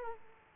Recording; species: mosquito wingbeat signal from an infrared sensor; Aedes aegypti